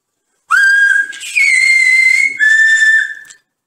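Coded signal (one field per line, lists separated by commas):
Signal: whistled language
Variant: Silbo Gomero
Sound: one clear whistle in three gliding segments, about three seconds long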